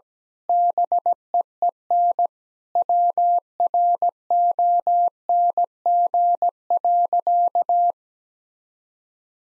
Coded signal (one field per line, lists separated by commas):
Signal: Morse code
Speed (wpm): 17 wpm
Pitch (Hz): 700 Hz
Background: none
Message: BEEN WRONG.